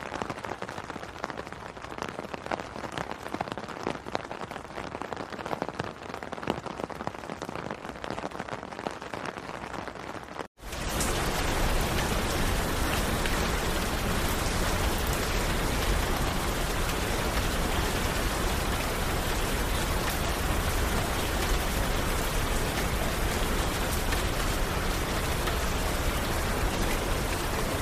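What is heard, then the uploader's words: Rain falls steadily as a soft, dense patter of fine drops for about ten seconds. After a brief cut near 10 seconds it jumps to a much louder, fuller downpour, a thick constant hiss with low rumble underneath that holds evenly to the end. Soothing Rain Sounds.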